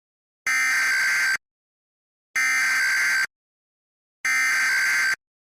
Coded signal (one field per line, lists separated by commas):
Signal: Emergency Alert System (SAME) tones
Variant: header bursts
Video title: EAS Recreation (07/17/24): A Distorted Required Monthly Test